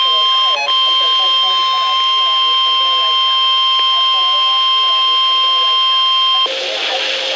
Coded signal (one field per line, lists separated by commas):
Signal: Emergency Alert System (SAME) tones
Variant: 1050 Hz attention tone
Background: speech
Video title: NOAA - 2 SVRs (EAS #971 - 972))